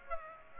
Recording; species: mosquito wingbeat signal from an infrared sensor; Aedes aegypti